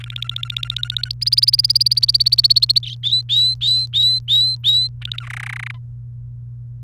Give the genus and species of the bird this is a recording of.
Serinus canaria